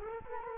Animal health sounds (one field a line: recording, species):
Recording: mosquito wingbeat signal from an infrared sensor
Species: Culex quinquefasciatus